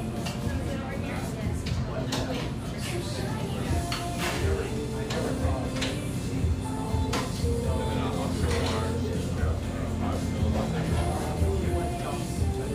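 A busy café in east Portland, with a steady wash of overlapping conversation filling the whole stretch. Short clinks and knocks of dishes and cups pop out every second or two, over a low, constant hum underneath.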